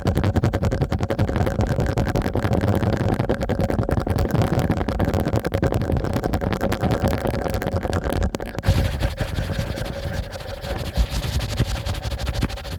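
Strong, fast ear cleaning makes a dense, continuous rubbing and rumbling that stays at a steady loudness, with a faint hum running underneath. Around eight and a half seconds the texture shifts, becoming slightly thinner and more uneven through the end.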